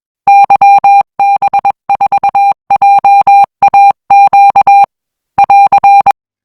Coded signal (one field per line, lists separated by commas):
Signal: Morse code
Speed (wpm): 21 wpm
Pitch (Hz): 800 Hz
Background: music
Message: YB4JAQ <AR>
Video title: Tutorial Tips Mudah Melafazkan Nada huruf-huruf dalam Kode Morse Internasional